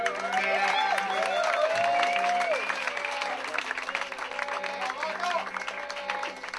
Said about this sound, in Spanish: Así que un fuerte aplauso para Ojalá esté mi virgen.